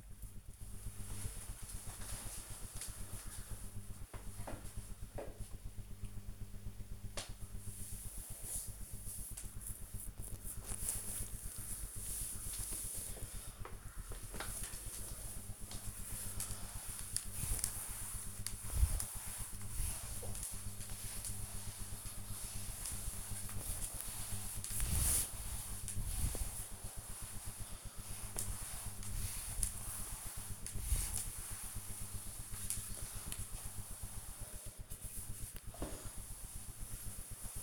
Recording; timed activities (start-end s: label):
household activities, microphone on the right wrist
11.91-37.63 s: floor cleaning